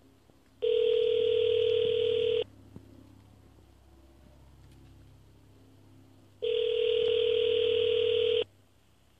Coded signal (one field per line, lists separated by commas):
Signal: telephone call progress tone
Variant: North America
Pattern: ringback tone